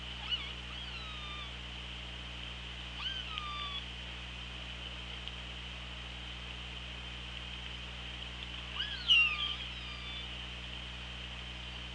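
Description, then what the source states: Orca calls, two groups of harmonic calls, the second louder, against a steady hiss and low hum. OrcaLab hydrophone, 24 August 2017, 16:34.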